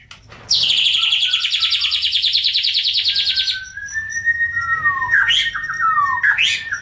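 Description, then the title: Oriental magpie-robin song opening with a long high buzzy trill of about three seconds, followed by sliding whistles and sharp notes. "Kicau Kacer"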